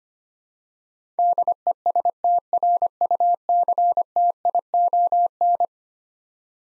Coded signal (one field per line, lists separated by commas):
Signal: Morse code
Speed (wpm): 25 wpm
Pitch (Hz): 700 Hz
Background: none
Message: DESTRUCTION